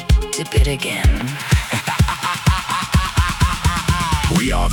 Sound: laughter echoes in the background